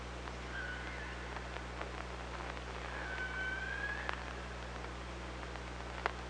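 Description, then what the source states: Killer whale calls, two harmonic tones, the second a long slightly rising note, with sharp clicks scattered through and constant low hum underneath. OrcaLab hydrophone, 24 August 2017.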